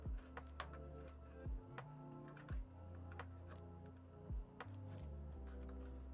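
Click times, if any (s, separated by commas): none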